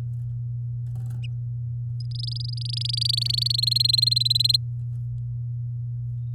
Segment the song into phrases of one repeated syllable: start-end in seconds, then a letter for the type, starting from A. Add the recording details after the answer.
2.00-3.56 A, 3.58-4.56 B. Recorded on 8 May 2018 at 08:45. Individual llb16